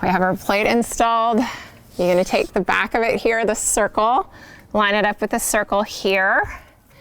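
A Nest battery video doorbell is held up to its installed wall mounting plate while its back is lined up with the circle on the plate, as someone talks throughout. No click is heard, and the doorbell has not yet seated on the plate.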